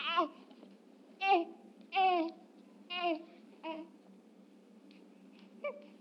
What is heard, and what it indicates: Baby Crying with Female Voice in Background.